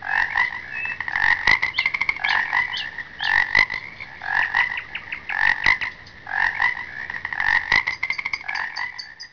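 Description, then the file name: Frogs croaking in a loud chorus of rattling pulsed calls that rise and fall in overlapping waves every second or two. "Zaby i slowiki"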